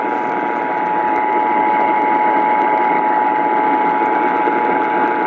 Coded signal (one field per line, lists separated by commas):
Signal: Emergency Alert System (SAME) tones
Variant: 853 and 960 Hz attention tone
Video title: Milwaukee CAE EAS Relays On 620 AM WTMJ (EAS #590-591)